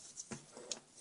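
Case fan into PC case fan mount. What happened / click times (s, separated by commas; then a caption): The fan is being handled and has not snapped into its mount yet / none. A case fan is handled against a PC case's toolless fan mount, its plastic notches being lined up with the mount's holes. Short, sharp ticks and taps are heard, the clearest near 0.3 s, 0.7 s and 1.1 s, over a quiet background. Nothing has seated or snapped into place yet.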